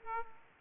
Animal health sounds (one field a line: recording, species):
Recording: mosquito wingbeat signal from an infrared sensor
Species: Aedes aegypti